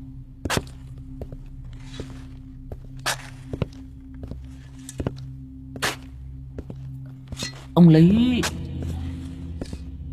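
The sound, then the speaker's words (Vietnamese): Slow, heavy footsteps thud one after another on brick-tiled grave mounds in a cemetery, at an uneven, plodding pace, followed by a brief voiced sound near the end. “Đang hì hục đào thì đằng sau lưng của lão vang lên tiếng bước chân lịch bà lịch bịch, dẫm lên trên những cái tấm nấm mộ được người ta cẩn thận ốp gạch ong, chính là nơi khu mộ của những người giàu có.”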